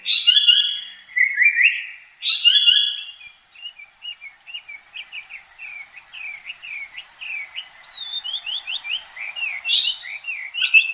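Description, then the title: Japanese paradise flycatcher song: two loud buzzy, slurred phrases, then a long quick series of short clipped notes, steadily continuing. Recorded on Mount Takao, Tokyo, Japan. "高尾山（東京）のサンコウチョウ"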